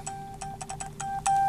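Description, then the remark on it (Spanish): A rapid string of short electronic button beeps in an irregular, Morse-like rhythm, a button passing on data from the embassy, with several tones alternating, the final beep held slightly longer, over a low steady hum. “Eso es un botón. Está de Morse.”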